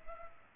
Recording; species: mosquito wingbeat signal from an infrared sensor; Culex pipiens